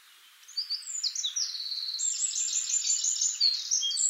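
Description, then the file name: Eurasian wren song: a few sharp high notes lead into a long, fast trill of rapidly repeated notes. "Troglodytes troglodytes"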